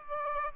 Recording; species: mosquito wingbeat signal from an infrared sensor; Aedes aegypti